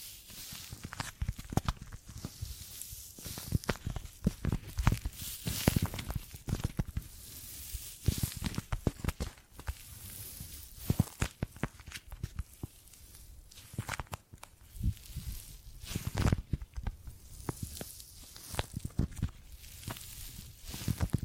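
Hands gripping and grabbing, with short, sharp rustling and crunching contacts repeating irregularly throughout, sometimes clustering into quick bursts. Each grab has a bright, crisp edge and a dull low thump beneath it, and a faint steady hiss fills the gaps.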